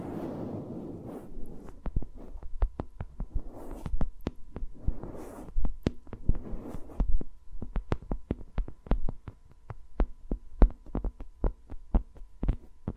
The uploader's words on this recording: ASMR with Mics Around My Fingers (No Talking).